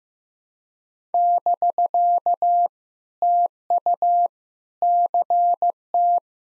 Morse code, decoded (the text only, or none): <BK> TU CT